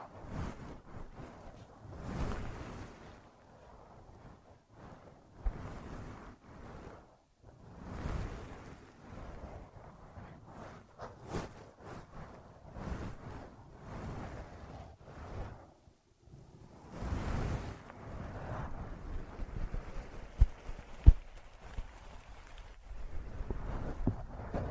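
Ear massage and cleaning sounds: soft rubbing strokes that swell and fade every two to three seconds, with a rushing, windy texture heavy in the low end. After about seventeen seconds the rubbing turns steadier and denser, with small crackles and a sharp tick near twenty-one seconds.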